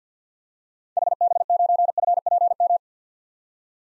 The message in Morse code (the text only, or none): HB9FPM